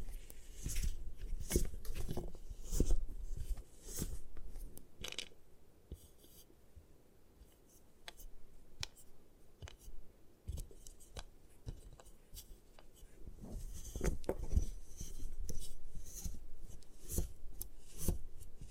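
Gym chalk is crushed and broken apart in a steady run of dry crunches, scrapes and sharp little cracks. The sounds come irregularly, several per second, with brief quieter gaps, and grow a bit busier and grittier toward the end.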